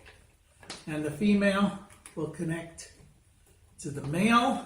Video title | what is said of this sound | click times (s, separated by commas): Installing Enphase Micro Inverters | You'll listen for the click, and | 0.7 s